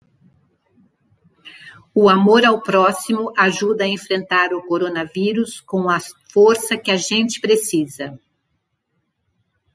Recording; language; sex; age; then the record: spoken sentence; Brazilian Portuguese; female; 60 to 69 years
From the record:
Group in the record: control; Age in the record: 68 years